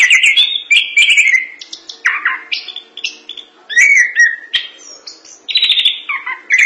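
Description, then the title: Thrush song of rich, rapid whistled phrases and short twittering notes, nearly continuous and often changing pattern. "burung anis x"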